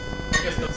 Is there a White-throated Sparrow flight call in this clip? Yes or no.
no